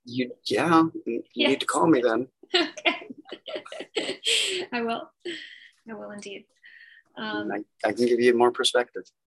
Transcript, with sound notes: Yes, you need to call me then. [laughs]
I will. I will indeed.
I can give you more perspective.